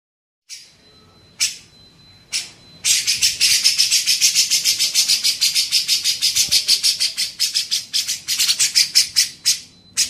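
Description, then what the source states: Grey-cheeked bulbul, a few separate harsh notes, then a sustained fast buzzy chatter of evenly spaced pulses lasting several seconds. Used for training songbirds (masteran).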